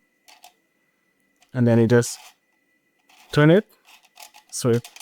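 A 3D-printed plastic comb insert is slid into the notches of a brush cleaning cup and turned to twist-lock it, with faint handling taps and scrapes between bursts of someone talking. The clip ends before the part goes home, so nothing has seated or clicked yet.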